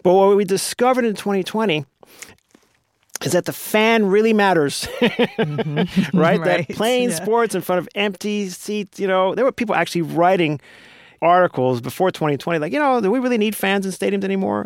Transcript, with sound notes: But what we discovered in 2020 is that the fan really matters (laughter), right?
Right, yeah.
They're playing sports in front of empty seats, you know? There were people actually writing articles before 2020 like, you know, do we really need fans in stadiums anymore?